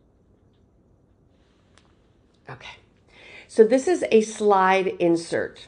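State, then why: Seated. A tennis necklace's slide-insert clasp is closed while being worn: the metal tongue slides into the clasp box and gives a sharp, short click at 1.8 seconds as it clicks shut into place. Shortly after, someone talks.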